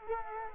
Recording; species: mosquito wingbeat signal from an infrared sensor; Culex quinquefasciatus